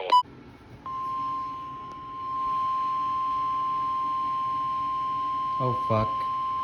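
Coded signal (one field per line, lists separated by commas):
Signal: Emergency Alert System (SAME) tones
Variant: 1050 Hz attention tone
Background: speech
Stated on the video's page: Three severe thunderstorm warnings and a severe thunderstorm watch, archived.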